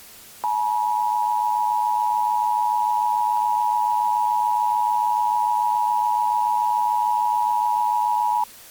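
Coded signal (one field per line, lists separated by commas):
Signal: Emergency Alert System (SAME) tones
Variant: 853 and 960 Hz attention tone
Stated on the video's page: Fictional EAS scenario based on a game, inspired by a series of EAS scenarios.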